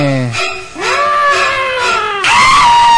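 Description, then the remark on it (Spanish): A voice imitates the shrill screeching from the Psycho shower scene: three loud, high-pitched wailing cries, the middle one long and sliding, with no other talk around them. “Con esa escena de la ducha. Tremenda escena, violentísima.”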